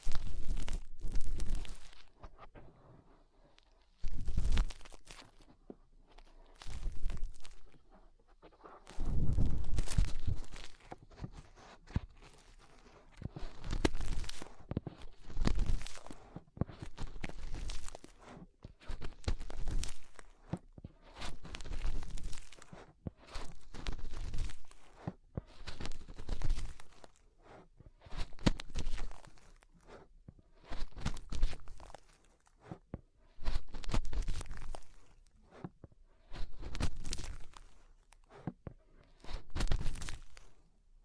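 Fingers rub and scrape inside an ear, making scratchy, crackling bursts that come and go every second or two with short quiet gaps between. Some strokes carry a dull low thump, especially around ten seconds, and the rhythm stays uneven throughout.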